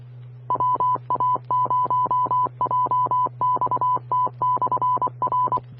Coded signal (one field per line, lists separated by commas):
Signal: Morse code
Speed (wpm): 24 wpm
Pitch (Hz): 1000 Hz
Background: none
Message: WA0JXT/R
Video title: 2021-08-09 - Grand Forks Area Amateur Radio